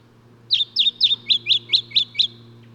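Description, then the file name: Lemon-bellied flyrobin calling in a quick row of eight bright, high, rising chips spaced about a quarter second apart, over a faint low hum. "Microeca Flavigaster"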